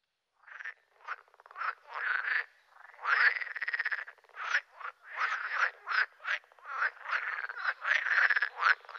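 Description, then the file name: Pool frog croaking in a lively run of short pulsed bursts and quick rattles, calls following one another almost continuously. "grenouille de lessona"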